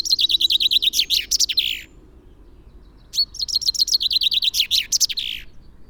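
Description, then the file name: Common chaffinch song: two phrases, each a rapid run of chirps ending in a flourish, separated by a pause of about a second. "Fringilla coelebs"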